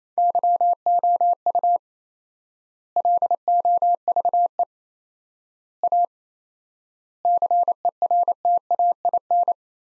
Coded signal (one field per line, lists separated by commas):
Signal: Morse code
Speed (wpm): 28 wpm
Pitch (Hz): 700 Hz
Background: none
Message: YOU LOVE A CERTAIN